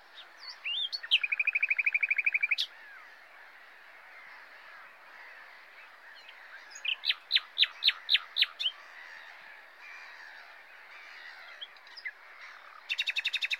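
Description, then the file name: Common nightingale delivering a long buzzy trill, a quiet spell, then a fast series of loud repeated notes, and finally another buzzing trill, over a steady background hiss. "Luscinia megarhynchos"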